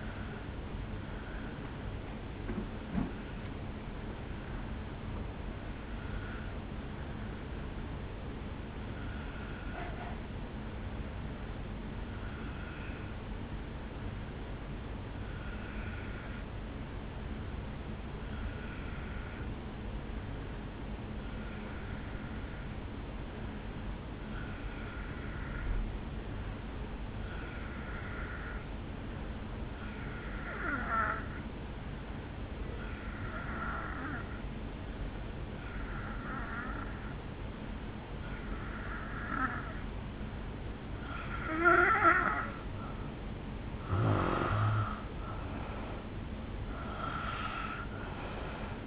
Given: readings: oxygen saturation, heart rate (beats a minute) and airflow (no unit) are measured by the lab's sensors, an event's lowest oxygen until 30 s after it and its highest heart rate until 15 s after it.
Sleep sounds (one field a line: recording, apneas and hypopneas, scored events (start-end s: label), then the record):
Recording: breathing in sleep by a voice recorder at the bedside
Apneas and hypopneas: 1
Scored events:
8.00-41.60 s: hypopnea (N2, oxygen 92% highest, then 83% lowest, heart rate 59 at the start, 70 highest)
From the record:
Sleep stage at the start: N2 (light sleep)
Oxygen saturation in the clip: 86 to 92%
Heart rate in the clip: 59 to 69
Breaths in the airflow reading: 16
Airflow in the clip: -8.1 to 3.7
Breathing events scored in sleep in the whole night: 449 in 7.0 hours asleep